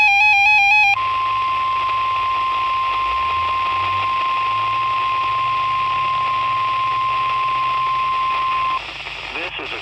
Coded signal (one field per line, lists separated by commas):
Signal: Emergency Alert System (SAME) tones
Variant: 1050 Hz attention tone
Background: speech, music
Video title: EAS#288 Required Weeky Test WXM49 162.425 MHz